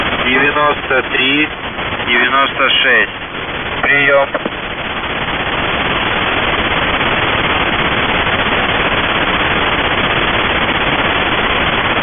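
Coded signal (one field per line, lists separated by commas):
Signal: coded military voice message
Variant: The Goose, Russian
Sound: brief distorted voice message over radio, then continuous hiss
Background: radio static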